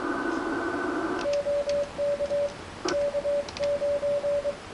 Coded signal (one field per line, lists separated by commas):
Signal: Morse code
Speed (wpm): 23 wpm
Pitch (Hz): 570 Hz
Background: radio noise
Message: OK K9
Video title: 1940's HAM TRANSMITTER "MICA MOLD"